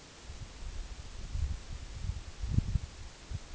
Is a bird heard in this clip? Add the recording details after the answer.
no. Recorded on Arctic tundra, site NAIT-1, on 2 July 2019. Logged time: 18:00